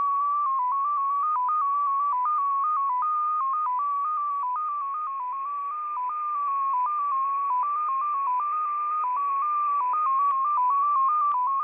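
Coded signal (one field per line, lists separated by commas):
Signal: numbers station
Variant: XPA2 MFSK data mode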